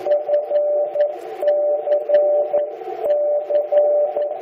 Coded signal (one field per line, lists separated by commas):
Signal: Morse code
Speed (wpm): 11 wpm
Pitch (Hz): 590 Hz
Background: music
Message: FCC